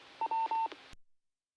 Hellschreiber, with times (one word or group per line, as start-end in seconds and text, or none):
none